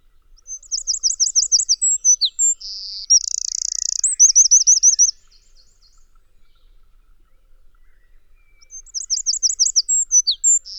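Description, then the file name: Eurasian wren song: quick piercing trills, a dry buzzing rattle and more trills, then a pause before another trill begins. "Troglodytes troglodytes"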